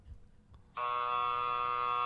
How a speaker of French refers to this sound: Ce buzzer-là a de la misère, je sais et pas.